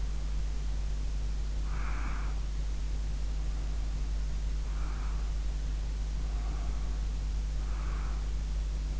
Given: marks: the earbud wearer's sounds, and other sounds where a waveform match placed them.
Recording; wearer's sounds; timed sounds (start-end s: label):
sounds in sleep by an in-ear microphone; breath
0.00-2.54 s: breath
3.38-5.32 s: breath
6.36-8.30 s: breath